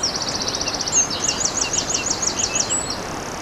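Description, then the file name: Eurasian wren song: fast, high buzzy trills and sharp metallic notes in quick succession, with constant rushing water behind. Recorded by a stream on 21 April 2015 using an MZ-N 710 recorder. "MZ-N 710 Troglodyte mignon ruisseau 21 04 15"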